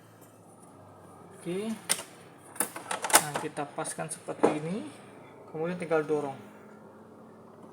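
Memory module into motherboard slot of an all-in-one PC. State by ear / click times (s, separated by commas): not seated / none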